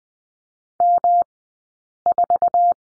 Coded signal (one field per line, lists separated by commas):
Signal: Morse code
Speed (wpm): 20 wpm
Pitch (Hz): 700 Hz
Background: none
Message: M4